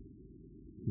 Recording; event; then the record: neck accelerometer signal played as sound; no cough (speech, laughter, throat clearing or background)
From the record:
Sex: female